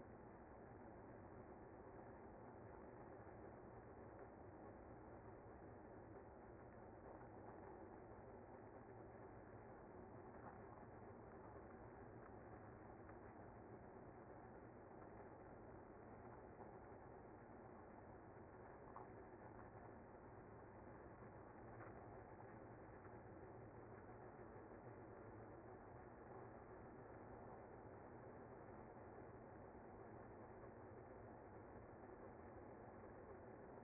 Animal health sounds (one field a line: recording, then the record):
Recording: honeybee colony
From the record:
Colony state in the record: active